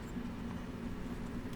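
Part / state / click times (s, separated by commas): magnetic remote pressure switch connector onto a flashlight tail cap / not seated / none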